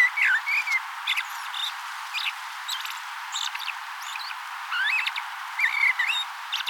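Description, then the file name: Common blackbird, short whistled warbling phrases near the start and end, with high chirps between. "Turdus merula"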